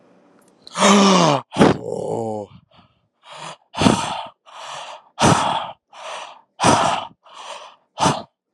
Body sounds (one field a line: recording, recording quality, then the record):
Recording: deep breathing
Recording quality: excellent, no background noise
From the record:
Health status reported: healthy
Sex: male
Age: 21 years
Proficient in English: yes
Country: India